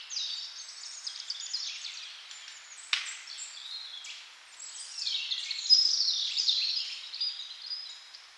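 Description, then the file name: Bird chorus of high chirps and sweeping whistled notes, with a single sharp click near three seconds and louder singing in the second half. "melodiez vogels"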